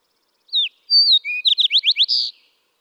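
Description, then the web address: Fox Sparrow song, one phrase: two whistled slurs, a low note, then a fast series of rising notes closing on a short buzz, in otherwise quiet air. "birdsongforthecurious songs Fox Sparrow"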